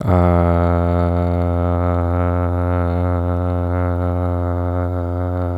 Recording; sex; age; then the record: sustained vowel /a/; male; 20 to 29 years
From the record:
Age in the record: 21 years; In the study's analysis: included